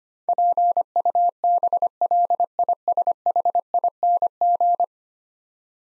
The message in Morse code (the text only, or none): PUBLISHING